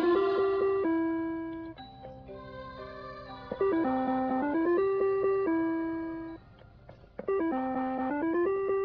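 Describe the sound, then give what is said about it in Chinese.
Faint doorbell chimes, heard from inside a slowly descending lift, ring out in a repeated run of sustained, bell-like tones that step up and down in pitch, forming a short melodic pattern. No one speaks. “响入 lift 之后，当 lift 徐徐下降，我听到一下好微弱嘅门钟声，系连续几下好微弱嘅门钟声。”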